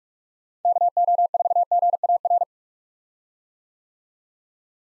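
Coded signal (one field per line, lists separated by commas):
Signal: Morse code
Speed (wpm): 46 wpm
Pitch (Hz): 700 Hz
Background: none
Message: KO4GAR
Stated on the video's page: Morse practice at 45wpm sending common POTA hunter callsigns, each sent, spoken, then sent again.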